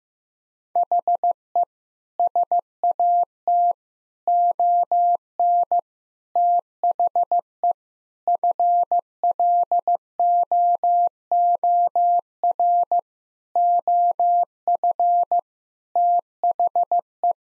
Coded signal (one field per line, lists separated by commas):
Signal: Morse code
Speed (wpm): 15 wpm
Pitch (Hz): 700 Hz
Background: none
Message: HE SAT ON THE FLOOR OF THE